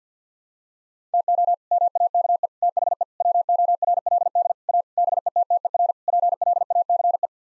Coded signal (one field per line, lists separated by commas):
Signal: Morse code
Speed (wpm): 50 wpm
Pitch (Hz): 700 Hz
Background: none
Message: TO MAKE THE WORLD A BETTER PLACE